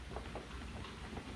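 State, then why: Not seated. The courtesy light housing is handled at its opening in the plastic front door trim panel of a 2014 Prius V, being readied to snap in. Steady broadband rustling noise continues throughout, with one brief louder handling sound at about 0.2 s. Nothing has seated or clicked yet.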